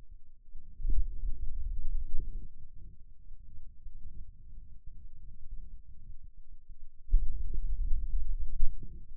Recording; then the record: forearm muscle sounds (acoustic myography)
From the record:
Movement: finger pinch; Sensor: system 2, bracelet of six BSWA MPA416 microphones around the upper forearm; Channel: 2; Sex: male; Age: 22 years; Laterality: right